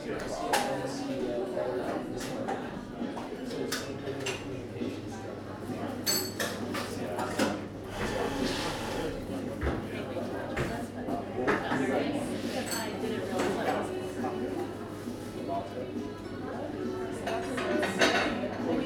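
A crowded coffee shop full of young people, their overlapping talk forming a dense, steady murmur. Bright clinks of cups, dishes and cutlery break through often, and a low steady hum runs underneath from about four seconds on.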